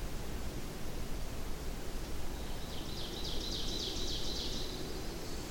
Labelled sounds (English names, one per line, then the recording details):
Ovenbird song
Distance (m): 75 m
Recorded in boreal forest in Alberta, Canada, on 25 June 2016 at 07:55
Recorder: SongMeter 3, array SBT-6-76
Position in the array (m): 295 m, 84 m
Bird 1